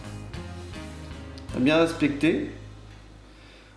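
A plastic auxiliary headlight lens for a 1/8-scale Altaya Ford GT40 model is lined up with the tiny, hard-to-see notches of its model headlight housing before being pushed home. Quiet handling and low background tones play under it while someone talks from about 1.5 to 2.5 s. Nothing has seated or clicked yet.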